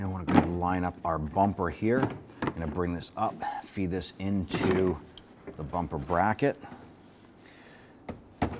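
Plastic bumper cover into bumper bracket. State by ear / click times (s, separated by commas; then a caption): not seated / none. Someone talks while the plastic front bumper cover of a 2011-2021 Jeep Grand Cherokee is lined up and fed into the bumper bracket during headlight replacement. A brief sharp knock is heard near 8.1 s, but the cover has not popped into place or seated yet.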